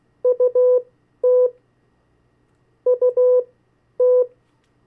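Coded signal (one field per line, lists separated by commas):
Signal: Morse code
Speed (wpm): 16 wpm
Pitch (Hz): 500 Hz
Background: none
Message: UT UT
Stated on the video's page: CW copy practice of the 50 state abbreviations at variable speeds.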